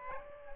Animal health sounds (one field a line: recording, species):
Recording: mosquito wingbeat signal from an infrared sensor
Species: Aedes aegypti